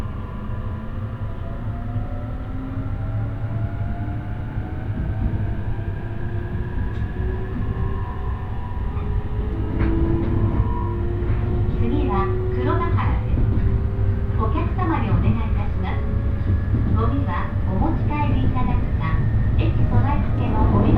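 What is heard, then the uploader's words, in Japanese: A ride on a Tohoku Main Line train between Kuroiso and Shin-Shirakawa, with a steady low rumble throughout. A motor whine climbs steadily in pitch as the train gathers speed, and from about ten seconds on, voices talk intermittently over the noise. 鉄道旅 東北本線 黒磯→新白河。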